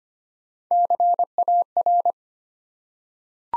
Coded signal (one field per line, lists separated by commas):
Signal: Morse code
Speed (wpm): 25 wpm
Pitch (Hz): 700 Hz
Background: none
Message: CAR